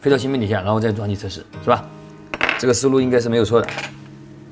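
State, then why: Not seated. Someone talks while handling the battery flex connector of a Xiaomi 10 phone near its board-to-board socket on the mainboard, with only faint handling clinks under the voice. Nothing has seated or clicked yet.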